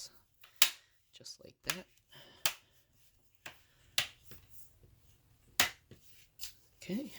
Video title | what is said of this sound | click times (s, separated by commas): Lenovo ideapad 320 320-15IKB Disassembly Screen LCD Replacement | go around usually with the screen open so you can press against both pieces and just snap it all in place | 0.6 s